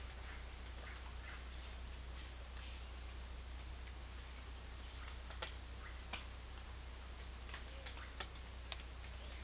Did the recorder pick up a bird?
yes